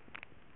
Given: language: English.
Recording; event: throat vibration sensor signal played as sound; swallow